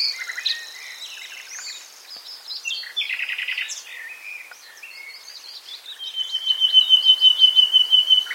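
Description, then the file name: Common nightingale singing a rich, fast sequence of chirps and whistles, ending in a loud run of rapidly repeated high notes. "Luscinia megarhynchos"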